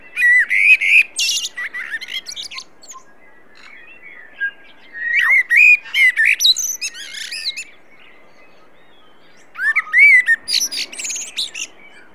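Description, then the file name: Common blackbird delivering three separate song phrases a few seconds apart, each mixing melodious low whistles with sharp, high twittering flourishes, separated by quiet pauses. "Turdus merula"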